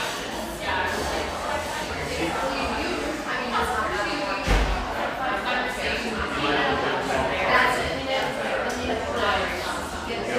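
Steady murmur of overlapping voices fills a sunlit coffeehouse during a mid-morning lull. The chatter stays dense and even throughout, with a low hum underneath and a brief thump near the middle. Occasional light clinks and clatter rise above the talk.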